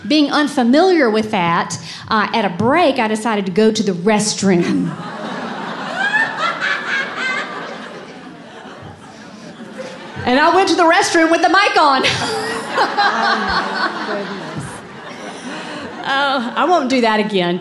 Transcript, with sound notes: being unfamiliar with all that, at a break, I decided to go to the restroom. [laughter] And I went to the restroom with the mic on! [laughter] I won't do that again!